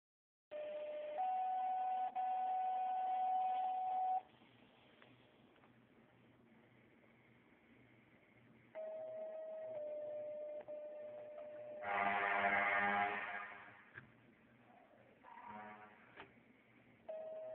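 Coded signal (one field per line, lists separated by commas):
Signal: two-tone page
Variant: Minitor pager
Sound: brief low tone then long higher tone, pause, another tone, then harsh alert burst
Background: station alert system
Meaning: Weekly test activation of fire station pagers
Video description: . Minitor Activation. Also Station Alert System in the background.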